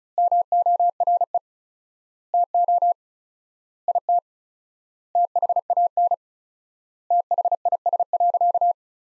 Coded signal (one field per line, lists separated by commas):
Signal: Morse code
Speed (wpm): 34 wpm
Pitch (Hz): 700 Hz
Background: none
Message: MORE TO IT THAN THIS.